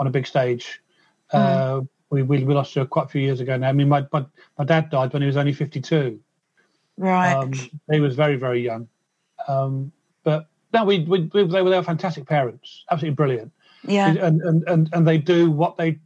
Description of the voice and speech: A professional musician and founder of Inspirational Rhythms at the Medway Drum Studio. A traumatic event in early childhood caused him to stammer which continued well into adulthood.